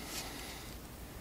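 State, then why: Not seated. A replacement coil spring is handled and pressed toward a coil-on-plug ignition coil housing for a Ford 3V engine, over the cleaned terminal. Only faint handling noise is heard, with no distinct clicks. Nothing has seated or clicked yet.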